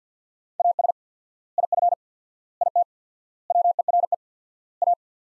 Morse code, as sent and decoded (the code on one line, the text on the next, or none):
.- ... / .. ..-. / .. - / .-- . .-. . / .-
AS IF IT WERE A